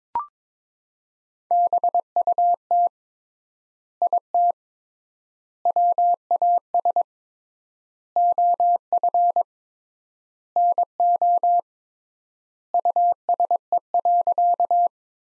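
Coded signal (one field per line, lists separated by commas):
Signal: Morse code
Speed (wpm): 22 wpm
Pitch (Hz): 700 Hz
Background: none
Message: BUT IT WAS OF NO USE.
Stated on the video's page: Morse practice sentences from the top 100 words at 22 wpm with 3x standard word spacing, a word-level Farnsworth-like method.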